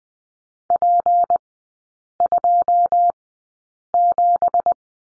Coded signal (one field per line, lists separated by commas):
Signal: Morse code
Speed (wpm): 20 wpm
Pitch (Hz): 700 Hz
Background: none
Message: P27